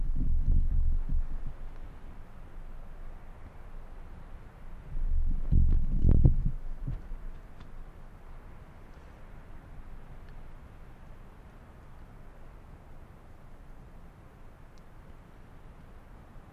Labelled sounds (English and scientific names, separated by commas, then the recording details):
Arctic Fox (Vulpes lagopus)
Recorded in the wild
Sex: diverse
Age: adult
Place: Insel Mednyi, Kommandeur-Inseln, RU
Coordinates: 54.5167, 168.083
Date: 1999-08-21
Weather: 11°C, leicht bewölkt, leichter Westwind, sehr gute
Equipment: Sony WM-D6C, Sennheiser ME 80, K 30 AV, Windkorb, Kopie Tascam DA 30
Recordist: Jakupi, Antje